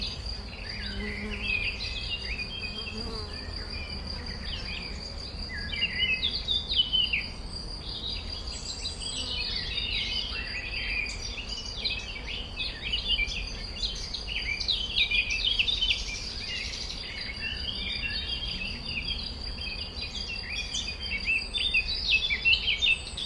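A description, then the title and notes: A dense chorus of many birds sings at once, with overlapping chirps, trills and whistles filling the upper range without pause. A steady high insect-like buzz runs underneath throughout, along with a low rumble of background noise. Konzert der Vögel. Heute sind wir zu Besuch auf einer Obstbaumplantage. Alle Vögel der Umgebung scheinen sich zu einem großen Konzert zusammengefunden zu haben. All the birds in the area seem to have come together for a big concert.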